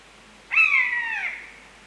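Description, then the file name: Common buzzard single long mewing cry, a high nasal note that starts sharply and slowly slides downward before fading out. Common buzzard call, Europe. "Maeusebussard Ruf Voegel in Europa"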